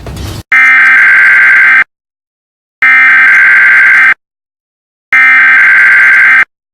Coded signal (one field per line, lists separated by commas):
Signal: Emergency Alert System (SAME) tones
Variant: header bursts